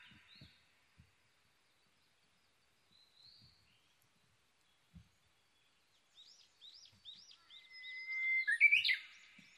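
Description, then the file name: Japanese bush warbler song, a steady whistled note swelling into a quick warbled flourish near the end, after scattered faint chirps and soft clicks. Recorded 22 May 2011 at 05:58. "uguisu-20110522-0558"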